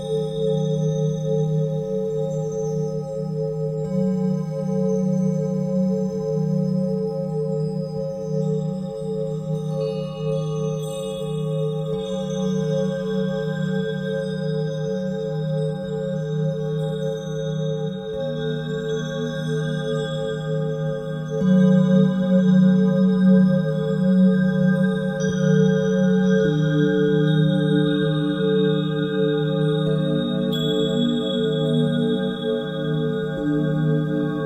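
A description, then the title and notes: A singing bowl rings with a steady, sustained hum, its low tone layered with clear, bright overtones that hold for the whole clip. Around twenty seconds the low sound swells and thickens, with a faint wavering beat, and stays slightly louder to the end. 30 minutes energy flushing singing bowl.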